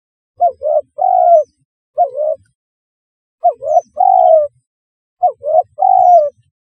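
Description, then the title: Spotted dove calling four times: most phrases have two quick soft notes and a longer coo, separated by short silences. "Tekukur"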